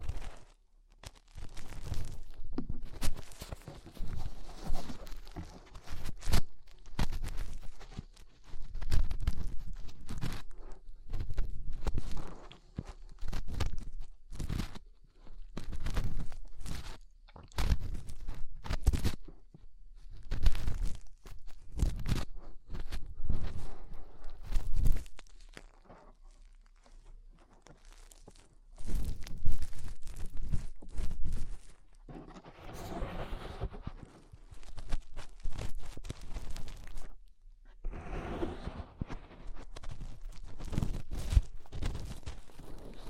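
Fingers cleaning inside an ear make dense, irregular rubbing and crunching bursts with low thumps, pausing briefly around 26 seconds before resuming.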